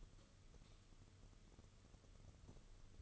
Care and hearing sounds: daily activity, microphone in the room; light off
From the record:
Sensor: 4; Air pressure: 995.3 hPa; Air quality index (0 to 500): 211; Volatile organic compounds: 226 ppm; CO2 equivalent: 4295 ppm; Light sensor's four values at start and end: 8/20/8/9 and 8/20/8/9

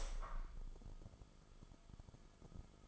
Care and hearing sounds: daily activity, microphone in the room; open window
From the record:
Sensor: 5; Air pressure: 1004.9 hPa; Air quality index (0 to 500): 84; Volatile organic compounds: 2 ppm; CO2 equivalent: 1012 ppm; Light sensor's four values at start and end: 34/79/32/31 and 34/79/32/31

